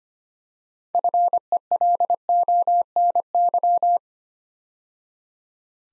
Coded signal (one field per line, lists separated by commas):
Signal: Morse code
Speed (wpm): 25 wpm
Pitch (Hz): 700 Hz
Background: none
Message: FELONY